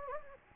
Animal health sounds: mosquito wingbeat signal from an infrared sensor; Anopheles gambiae

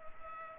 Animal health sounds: mosquito wingbeat signal from an infrared sensor; Culex pipiens

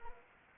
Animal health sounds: mosquito wingbeat signal from an infrared sensor; Anopheles arabiensis

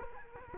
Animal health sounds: mosquito wingbeat signal from an infrared sensor; Culex quinquefasciatus

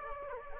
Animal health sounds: mosquito wingbeat signal from an infrared sensor; Aedes aegypti

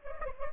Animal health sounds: mosquito wingbeat signal from an infrared sensor; Culex pipiens

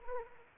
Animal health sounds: mosquito wingbeat signal from an infrared sensor; Anopheles arabiensis

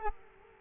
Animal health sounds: mosquito wingbeat signal from an infrared sensor; Culex quinquefasciatus

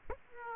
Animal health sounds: mosquito wingbeat signal from an infrared sensor; Aedes aegypti

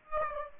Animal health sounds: mosquito wingbeat signal from an infrared sensor; Aedes aegypti

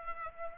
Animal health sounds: mosquito wingbeat signal from an infrared sensor; Aedes aegypti

